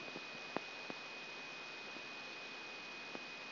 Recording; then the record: brain microelectrode recording played as sound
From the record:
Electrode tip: outside the subthalamic nucleus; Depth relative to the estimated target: -2 mm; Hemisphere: right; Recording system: AlphaMap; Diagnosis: Parkinson's disease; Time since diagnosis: 16 years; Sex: male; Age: 60 years